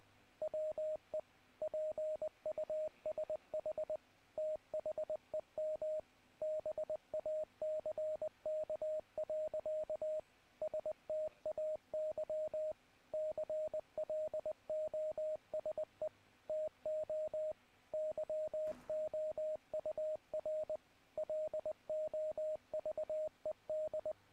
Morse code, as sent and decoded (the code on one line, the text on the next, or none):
.-- . / .--. ..- ... .... / - .... . -- / -... .- -.-. -.- .-.-.- / ... - .- -.-- / -.-. .-.. --- ... . / - --- / -.-- --- ..- .-. / .-.. --- ...- . -..
WE PUSH THEM BACK. STAY CLOSE TO YOUR LOVED